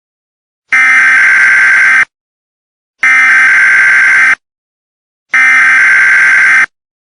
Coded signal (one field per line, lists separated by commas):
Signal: Emergency Alert System (SAME) tones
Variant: header bursts